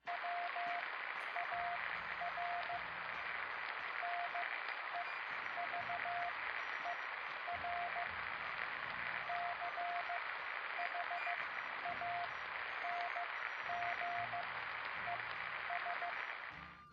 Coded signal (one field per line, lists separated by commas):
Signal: Morse code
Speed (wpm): 15 wpm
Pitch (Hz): 700 Hz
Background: radio noise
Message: WAR NEVER CHANGES